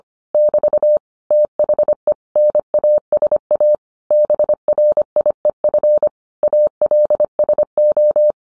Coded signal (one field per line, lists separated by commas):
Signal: Morse code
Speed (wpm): 25 wpm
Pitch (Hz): 600 Hz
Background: none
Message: <BT> THE NASA BRIEF ALSO